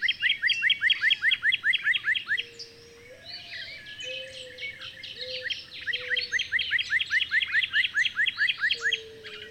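Bird song: a loud run of rapid rising chirps, a pause with other twittering and low whistled notes, then the chirp series resumes.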